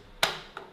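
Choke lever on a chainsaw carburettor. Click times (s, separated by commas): 0.2 s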